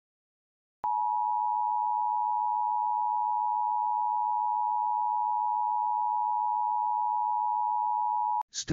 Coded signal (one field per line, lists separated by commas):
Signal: Emergency Alert System (SAME) tones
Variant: 853 and 960 Hz attention tone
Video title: DXC Live! | Season 3 | Premieres Friday, September 23rd @ 1845 CDT / 2345 UTC